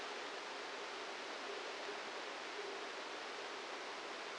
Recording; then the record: brain microelectrode recording played as sound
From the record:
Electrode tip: outside the subthalamic nucleus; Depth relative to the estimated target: -1 mm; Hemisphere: left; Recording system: NeuroSet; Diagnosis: Parkinson's disease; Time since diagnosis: 8 years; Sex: male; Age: 58 years